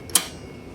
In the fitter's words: to the point where it just clicks in place with a minimum amount of effort, like